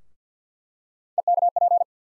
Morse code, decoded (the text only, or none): EKP